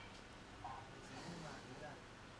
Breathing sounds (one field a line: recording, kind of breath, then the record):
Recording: one breath in and out by a microphone near the nose and mouth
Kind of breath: normal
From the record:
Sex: male